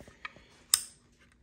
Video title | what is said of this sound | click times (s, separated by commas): Lowrider ST Baja Designs LP6 Install | positive click that means you're in | 0.7 s